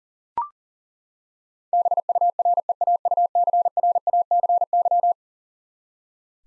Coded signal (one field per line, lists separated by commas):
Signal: Morse code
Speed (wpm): 40 wpm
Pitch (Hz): 700 Hz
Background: none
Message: BUREAUCRACY